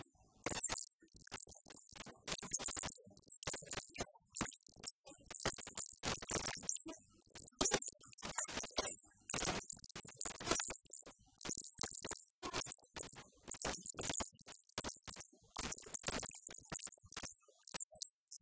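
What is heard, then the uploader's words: A sample-and-hold modular synth module spits rapid, irregular clicks and hissy noise bursts, steady in density, bright at the top throughout. DIY SAMPLE & HOLD synthesizer module DEMO. This is a short demo of my sample&hold modular synthesizer module in Kosmo format.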